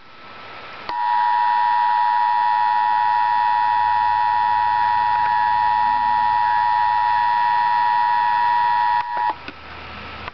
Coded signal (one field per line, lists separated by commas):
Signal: Emergency Alert System (SAME) tones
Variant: 853 and 960 Hz attention tone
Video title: Real EAS #55 - Severe Thunderstorm Warning